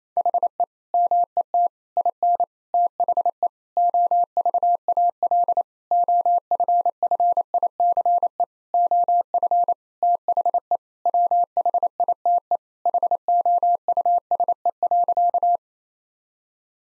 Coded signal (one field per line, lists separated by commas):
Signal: Morse code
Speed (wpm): 28 wpm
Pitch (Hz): 700 Hz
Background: none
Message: HE MET IN THE OVAL OFFICE OF THE WHITE HOUSE.